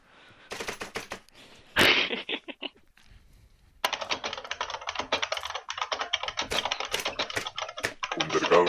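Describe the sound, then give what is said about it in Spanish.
Loud, rapid clattering of keys hammered hard on a computer keyboard, in fast dense bursts with a brief pause partway, the sharp clicks piling up almost like gunfire. “deja de porrear con el martillo el teclado.”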